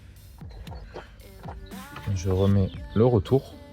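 A fuel return hose quick connector is being handled and refitted onto the diesel injector return line while someone talks. The connector has not seated or clicked yet.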